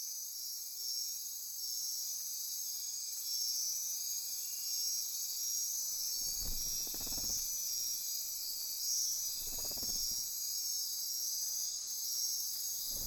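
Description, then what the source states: Insect chorus of steady, high, shimmering trills running throughout, with a few soft low thumps and rumbles partway through. Insect chorus recorded at midnight near Corcovado.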